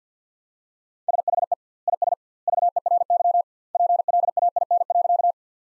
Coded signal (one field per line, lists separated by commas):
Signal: Morse code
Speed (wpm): 50 wpm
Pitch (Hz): 700 Hz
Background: none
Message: SHE IS VERY PLAIN.